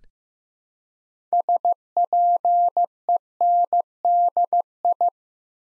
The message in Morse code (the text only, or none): SPENDI